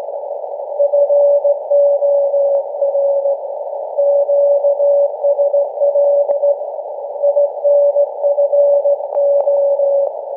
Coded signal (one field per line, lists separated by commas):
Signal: Morse code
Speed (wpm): 16 wpm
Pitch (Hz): 570 Hz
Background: none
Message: FOR QSL INFO